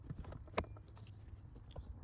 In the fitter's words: And to install the cover, we'll insert these tabs until we hear a click.